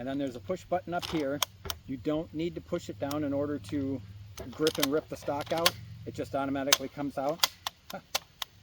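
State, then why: Seated. Someone talks while pulling the folding stock of a 9mm carbine out to its open position on the receiver, with no push button needed. A series of sharp clicks follows near the end, and the stock locks in place at 8.4 s.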